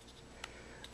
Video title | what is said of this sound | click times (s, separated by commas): SIG Sauer P250: Innovative & Underrated or Waste of Time? | snaps back in you just kind of lever it back in there | 0.4 s